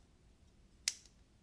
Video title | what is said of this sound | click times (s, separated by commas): Complete Collection Dive Series! Case #4 (Video 3 of 4). This is the FINAL case before Fixies! | you'll hear it lock | 0.9 s